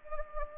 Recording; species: mosquito wingbeat signal from an infrared sensor; Anopheles gambiae